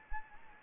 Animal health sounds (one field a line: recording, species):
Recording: mosquito wingbeat signal from an infrared sensor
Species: Anopheles gambiae